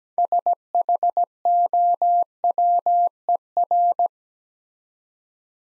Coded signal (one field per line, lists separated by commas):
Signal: Morse code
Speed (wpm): 17 wpm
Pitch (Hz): 700 Hz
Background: none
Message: SHOWER